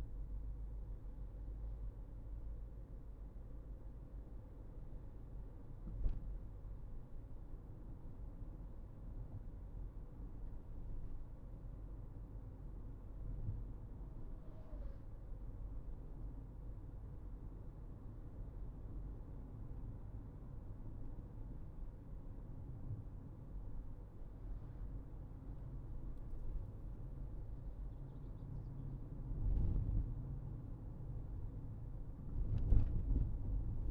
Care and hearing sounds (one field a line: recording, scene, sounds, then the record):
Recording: everyday scene through a hearing-aid microphone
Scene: in a vehicle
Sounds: engine, highway driving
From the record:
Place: Berlingo II, diesel engine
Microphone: behind the ear, right, rear